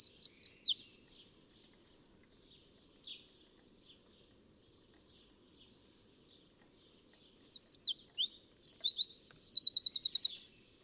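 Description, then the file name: Eurasian wren song: a brief high phrase, a quiet pause with scattered faint notes, then a loud jumble of shrill chirps running into a fast trill. "Troglodytes troglodytes"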